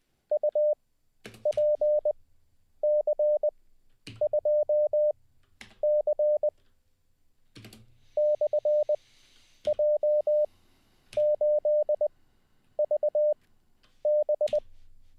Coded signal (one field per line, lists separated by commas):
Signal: Morse code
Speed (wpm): 20 wpm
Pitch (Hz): 600 Hz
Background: none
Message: UPC2C /J8VB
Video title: How To Learn Morse Code LIVE with N0SSC (Day 21)